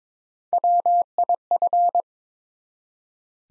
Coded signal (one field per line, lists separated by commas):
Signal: Morse code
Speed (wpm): 22 wpm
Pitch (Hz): 700 Hz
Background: none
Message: WIF